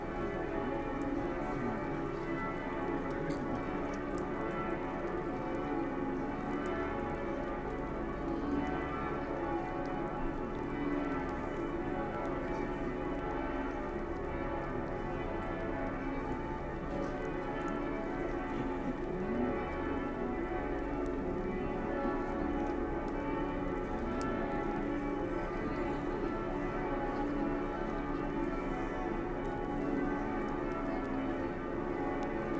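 Church bells peal continuously in an old town, a dense, unbroken wash of overlapping rings that stays steady and loud throughout. The strokes blur into a thick, resonant layer with a low hum beneath, and faint ticks and patter sit in the background.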